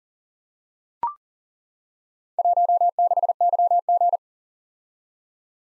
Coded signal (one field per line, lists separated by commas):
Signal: Morse code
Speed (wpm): 41 wpm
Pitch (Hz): 700 Hz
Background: none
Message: 16YG